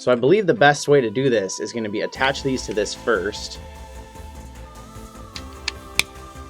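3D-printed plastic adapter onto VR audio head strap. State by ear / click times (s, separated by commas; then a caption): seated / 6.0 s. Someone talks over background music while pressing a 3D-printed plastic adapter onto the left side of a VR audio head strap. Faint ticks come at 5.4 and 5.7 seconds, then a sharp click at 6.0 seconds as the adapter snaps into place.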